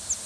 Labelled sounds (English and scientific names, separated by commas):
Northern Parula (Setophaga americana) flight call